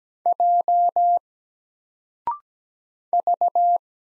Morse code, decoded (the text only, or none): J V